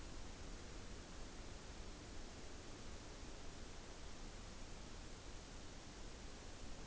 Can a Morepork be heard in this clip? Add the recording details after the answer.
no. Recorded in New Zealand on 29 April 2014. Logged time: 02:19. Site Ponui